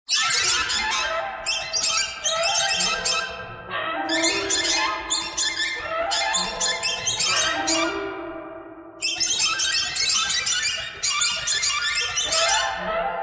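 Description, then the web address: Birds give loud, rasping squawks in dense volleys. The calls overlap continuously with brief lulls between bursts. "soundfactory birds"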